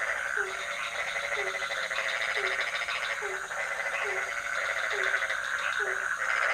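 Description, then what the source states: Continuous frog chorus: evenly spaced low croaks beneath a constant buzzy, crackling trill layer. Several frog species calling at night in a pond near a hotel in Ubud, Bali, Indonesia; recorded with Sony PCM D50, Rode NT4 and Rode boompole.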